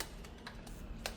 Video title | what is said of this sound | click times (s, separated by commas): How to Install the Spyder Stealth Grille – Ford Transit Custom 2024+ | So that simply pops into place | 0.0 s, 1.1 s